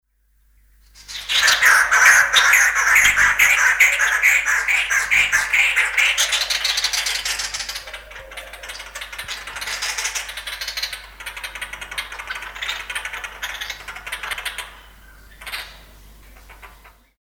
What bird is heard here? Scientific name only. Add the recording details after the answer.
Lybius leucocephalus. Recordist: Tembrock, Günter. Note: Rufe eines Paares